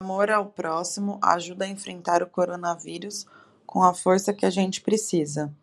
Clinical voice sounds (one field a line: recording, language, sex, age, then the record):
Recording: spoken sentence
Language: Brazilian Portuguese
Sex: female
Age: 30 to 39 years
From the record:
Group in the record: control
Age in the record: 34 years